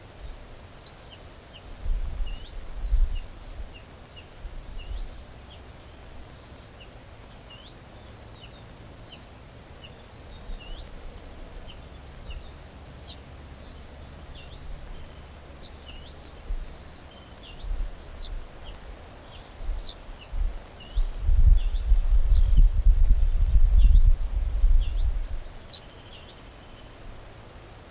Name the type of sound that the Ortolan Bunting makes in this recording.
begging call